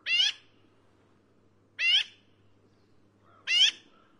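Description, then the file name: Black-billed Magpie producing three harsh, nasal calls roughly every one and a half to two seconds over a faint steady hum. "canto do Pica hudsonia"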